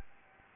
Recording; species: mosquito wingbeat signal from an infrared sensor; Anopheles gambiae